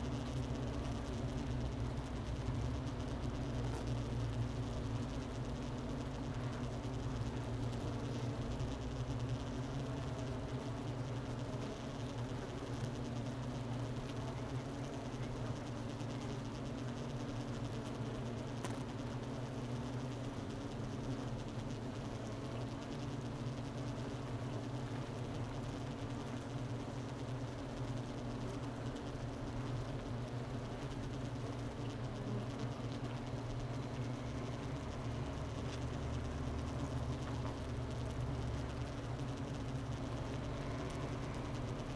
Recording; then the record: honeybee colony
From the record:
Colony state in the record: missing queen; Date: 31 May 2018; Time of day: 11:50